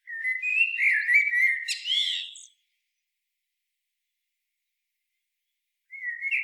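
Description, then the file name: Eurasian blackbird song: a mellow fluted warble sliding around a middle pitch, ending in a burst of high squeaky twitters, then silence before another phrase begins. "Turdus merula"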